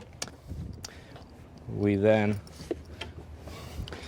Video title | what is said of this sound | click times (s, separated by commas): How to remove and replace the bench seat from a Mercedes Benz V Class Lewis Reed WAV | then gently push the seat and make sure both feet are lined up and it clicks into place. | 0.2 s, 0.9 s